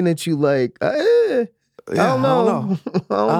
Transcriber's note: makes a questioning sound